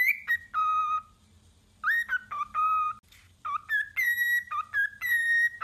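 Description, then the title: Whistled cockatiel song: bright, clear notes alternating between higher and lower pitches in quick phrases, separated by brief gaps. Several cockatiels singing with whistles. "Calopsitas Cantando Assobio"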